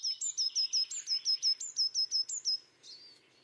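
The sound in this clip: Bird repeating high, piercing notes roughly six per second for over two seconds, a few pitched slightly higher, ending with one lower slurred note.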